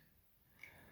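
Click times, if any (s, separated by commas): 0.6 s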